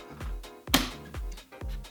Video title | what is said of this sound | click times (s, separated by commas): How to install Garage lighting!! | they just snap | 0.7 s